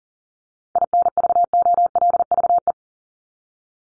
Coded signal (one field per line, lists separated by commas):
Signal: Morse code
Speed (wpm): 40 wpm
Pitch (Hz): 700 Hz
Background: none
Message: INVOLVE